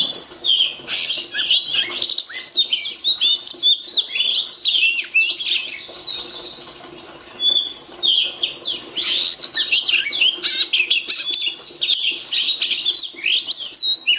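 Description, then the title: Magpie-robin song, an energetic run of varied high chirps and whistled sweeps, with a brief lull midway. Kacer poci form; national champion competition bird, singing vigorously in nembak (shooting) and ngerol (rolling) styles; seven kinds of song every three minutes. "Kacer Poci Gacor Nembak Dan Ngerol Juara Nasional. 7 macam suara kacer setiap 3 menit"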